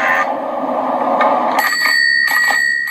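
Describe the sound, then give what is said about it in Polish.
A bicycle bell rings twice in quick succession, bright metallic tones that sustain and shimmer over a noisy background. “Ten dzwonek na koniec brzmi zdecydowanie zbyt niewinnie, gdy mowa o, cytując Mateusza Pytkę, jeździdłach.”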